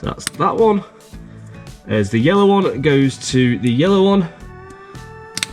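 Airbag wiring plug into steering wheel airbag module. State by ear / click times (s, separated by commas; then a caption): seated / 5.4 s. Someone talks while pushing a yellow plastic airbag wiring plug into the matching yellow socket on the steering wheel airbag module of a Jaguar F-Type SVR. Two sharp clicks at 5.4 s and 5.4 s mark the connector snapping into place, seated.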